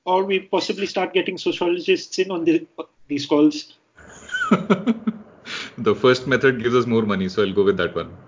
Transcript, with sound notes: Or we possibly start getting sociologists in on these calls.
[laughs] The first method gives us more money so I will go with that one.